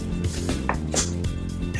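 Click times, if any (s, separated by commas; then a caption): 0.7 s. A side panel (armrest) of an Infinity Escape massage chair is slid onto the chair frame's metal rod, then pushed down. A sharp snap at 0.7 s marks it locking in place, with softer knocks around it at 0.3 s and 1.3 s. The armrest is seated on the rod.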